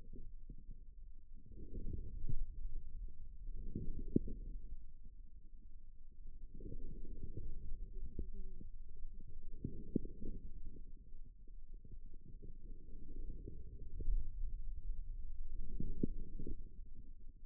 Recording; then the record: forearm muscle sounds (acoustic myography)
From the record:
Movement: inward rotation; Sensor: system 2, bracelet of six BSWA MPA416 microphones around the upper forearm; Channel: 1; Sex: male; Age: 22 years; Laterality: right